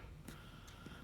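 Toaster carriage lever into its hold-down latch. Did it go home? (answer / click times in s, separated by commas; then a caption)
no / none. The carriage lever of a Magimix Vision toaster is pushed down to the bottom, where it fails to latch because the worn black plastic arm has dropped into the down position and will not clip. A short sharp sound is heard at about 0.3 s, followed by fainter knocks over a low steady hum. Nothing has seated or clicked yet, and the lever does not hold down.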